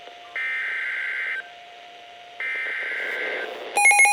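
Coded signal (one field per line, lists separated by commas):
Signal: Emergency Alert System (SAME) tones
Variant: header bursts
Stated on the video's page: Tornado Warning EAS alert issued during the December 15th Midwestern derecho.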